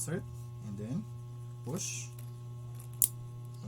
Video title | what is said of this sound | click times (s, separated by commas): Upgrading RAM for Dell Inspiron 5000 Series Laptop | okay you will hear that clicking sound and then we're actually done | 3.0 s